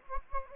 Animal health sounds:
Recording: mosquito wingbeat signal from an infrared sensor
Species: Anopheles gambiae

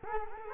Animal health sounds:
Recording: mosquito wingbeat signal from an infrared sensor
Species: Culex quinquefasciatus

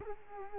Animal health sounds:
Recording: mosquito wingbeat signal from an infrared sensor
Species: Culex quinquefasciatus

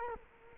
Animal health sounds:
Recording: mosquito wingbeat signal from an infrared sensor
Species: Culex quinquefasciatus

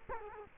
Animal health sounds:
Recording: mosquito wingbeat signal from an infrared sensor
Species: Culex quinquefasciatus

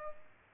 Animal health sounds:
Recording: mosquito wingbeat signal from an infrared sensor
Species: Aedes aegypti

